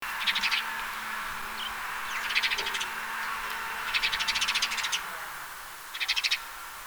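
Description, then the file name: House sparrow chirping in four short bursts of rapid, bright chirps spread over about seven seconds, with a low hum underneath for most. "Passer domesticus"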